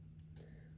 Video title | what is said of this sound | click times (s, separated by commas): 2014 vw passat OEM radio button replacement fix DIY | Run the knife down the other side and do the same thing. Click. | 0.4 s